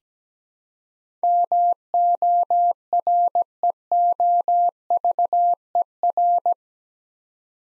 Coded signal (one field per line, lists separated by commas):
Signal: Morse code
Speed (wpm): 17 wpm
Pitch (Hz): 700 Hz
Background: none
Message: MOREOVER